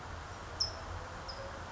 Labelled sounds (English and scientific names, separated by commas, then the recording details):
California Towhee (Melozone crissalis)
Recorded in Sonoma County, California